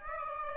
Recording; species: mosquito wingbeat signal from an infrared sensor; Aedes aegypti